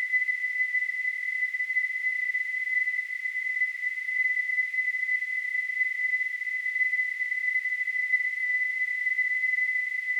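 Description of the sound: Steady high-pitched tone near 2 kHz with soft hiss, unchanging for ten seconds: a simulated tinnitus sound.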